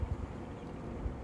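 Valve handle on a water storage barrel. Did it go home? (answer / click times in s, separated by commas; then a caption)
no / none. Someone handles the valve handle on a water storage barrel, closing it just after filling starts so the water won't rush out. Only a low, steady rumble with a few soft low thumps is heard. Nothing has seated or locked into place yet.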